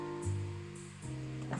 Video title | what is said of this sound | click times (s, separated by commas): Fray Bentos Steak and Kidney pie | We haven't heard a pop. I'm not very pleased about that. | none